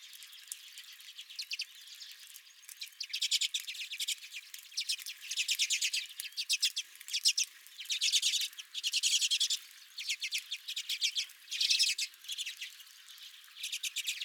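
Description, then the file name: Redpolls calling in repeated rattling bursts of fast, buzzy notes from a busy group of birds. Several redpolls at the recordist's feeder. "Redpolls at My Feeder"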